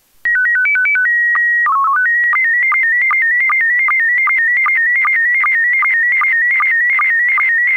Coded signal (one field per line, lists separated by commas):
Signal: SSTV (slow-scan television)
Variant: PD 50